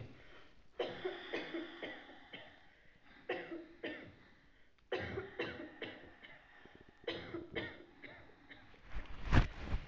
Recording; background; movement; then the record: deep breathing; a bystander coughing; sitting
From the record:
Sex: female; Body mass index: 25.5 kg/m2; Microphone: on the chest, facing the body